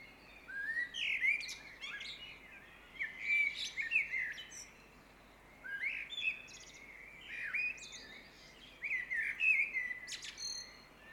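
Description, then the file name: Common blackbird song: rich fluted phrases with squeaky high flourishes, repeated every few seconds over a low steady background noise. Recorded at 5 am in a suburb, 5 May 2013. "Blackbird 5 am Suburb 130505"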